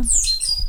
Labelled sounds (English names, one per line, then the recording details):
Stitchbird song
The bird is a male
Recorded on Tiritiri Matangi Island, New Zealand, in 2005
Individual 12, of nest box 16